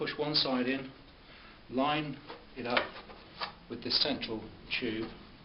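A flexible replacement valve is being fitted into the cavity of a feeder housing, with one side lined up against the central tube. Someone talks throughout over faint handling sounds. Nothing has seated or clicked yet.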